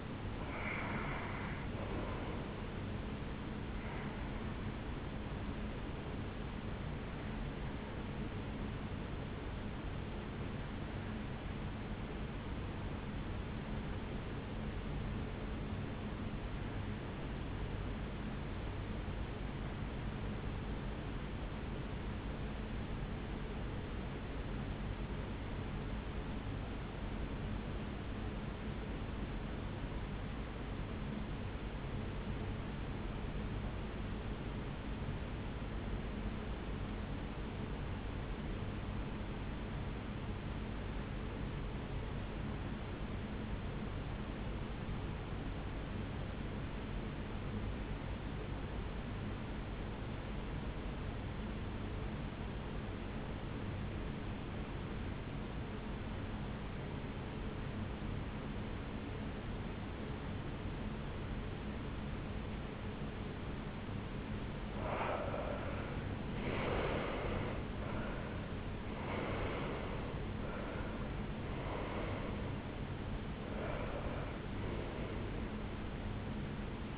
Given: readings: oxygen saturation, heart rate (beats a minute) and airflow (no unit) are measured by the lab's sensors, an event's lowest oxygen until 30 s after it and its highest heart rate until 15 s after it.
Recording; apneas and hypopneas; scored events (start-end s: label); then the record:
breathing in sleep by a voice recorder at the bedside; 1
11.00-65.10 s: hypopnea (N1, oxygen 96% highest, then 76% lowest, heart rate 64 at the start, 83 highest)
21.00-76.98 s: new sleep stage, REM sleep
From the record:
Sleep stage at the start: N1 (lightest sleep); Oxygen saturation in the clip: 79 to 96%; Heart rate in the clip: 64 to 83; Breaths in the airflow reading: 9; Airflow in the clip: -11.7 to 8.1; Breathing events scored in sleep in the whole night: 449 in 7.0 hours asleep